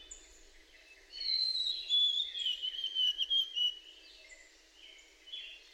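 White-throated sparrow song: pure, high whistled notes held steady, then stepping slightly lower, with a few faint notes of other birds.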